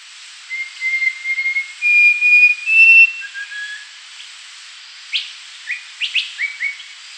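Rufous-crowned babbler song of sustained clear whistles rising in steps, a lower note, then a quick burst of sharp upswept chirps near the end.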